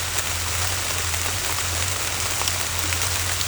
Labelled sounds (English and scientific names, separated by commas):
none